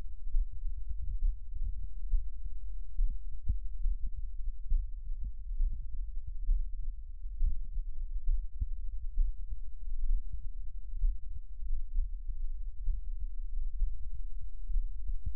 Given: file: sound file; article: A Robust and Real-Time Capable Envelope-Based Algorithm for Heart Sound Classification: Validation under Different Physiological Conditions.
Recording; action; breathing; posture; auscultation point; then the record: heart sounds by electronic stethoscope; rest; normal; lying on right side; Erb’s point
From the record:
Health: healthy, no known heart disease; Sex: male